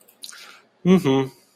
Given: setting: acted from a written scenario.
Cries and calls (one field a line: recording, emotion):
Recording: vocal sound without words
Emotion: neutral